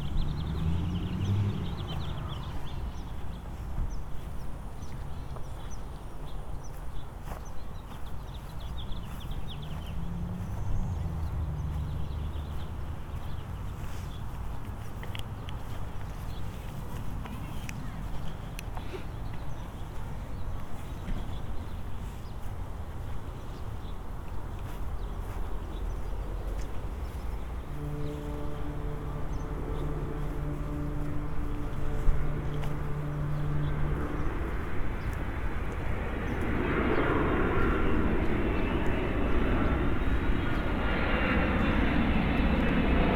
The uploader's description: A walk in the park, slow notes on a pipe organ, an occasional drumroll, and a plane overhead.